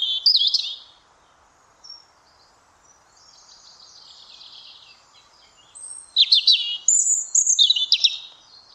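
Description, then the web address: European robin song: a bright trilled opening, faint high twitters for several seconds, then loud, sharp, quickly varied high phrases with sudden pitch jumps. "Deverinetal 2025 File origin Bird Only Er Ru"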